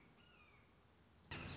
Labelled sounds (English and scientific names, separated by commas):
Red-shouldered Hawk (Buteo lineatus)